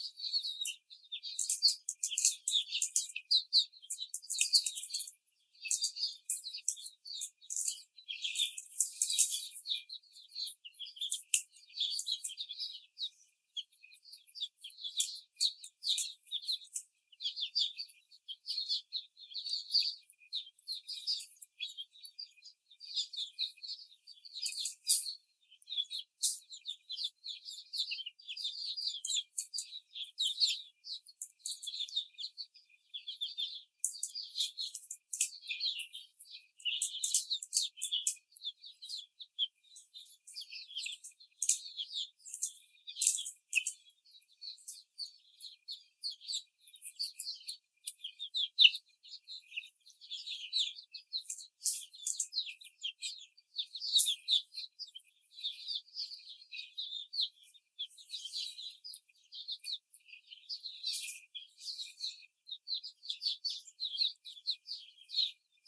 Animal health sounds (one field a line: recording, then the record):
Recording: young laying hens in a cage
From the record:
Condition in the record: before the stressor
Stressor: simulated dog barking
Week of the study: 4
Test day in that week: 3